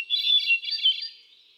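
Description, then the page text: Hermit thrush singing a rich, fluty tangle of quick ringing notes that trail off into softer echoing tones. Male singing, cycling through a repertoire of about ten different songs; recorded 13 June 2006 at Quabbin Park, Ware, Massachusetts. "Birdsong for the Curious Naturalist. Hermit thrush"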